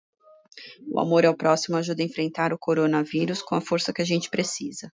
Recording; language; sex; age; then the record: spoken sentence; Brazilian Portuguese; female; 40 to 49 years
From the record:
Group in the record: control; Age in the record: 45 years